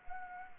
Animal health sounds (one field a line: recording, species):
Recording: mosquito wingbeat signal from an infrared sensor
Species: Anopheles gambiae